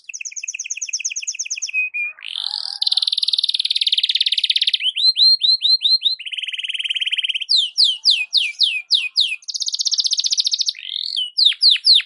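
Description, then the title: Belgian canary singing continuously, alternating rapid paired trills, harsh buzzy rolls and runs of steep descending sweeps. Belgian canary morning song, used to warm up a canary and described as suited for masteran (tutoring). "Canto Para Esquentar Canário Belga. SUARA BURUNG KENARI DI PAGI HARI COCOK BUAT MASTERAN"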